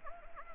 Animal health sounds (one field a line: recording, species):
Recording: mosquito wingbeat signal from an infrared sensor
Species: Anopheles gambiae